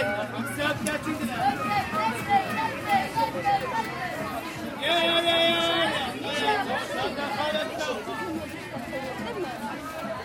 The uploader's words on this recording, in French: Les cris d'une ville. Echos, voix et ambiances du Maroc. Le cri des vendeurs d'eau, l'appel du muezzin, les sirènes des bateaux, le salut des gamins dans les rues de Tanger.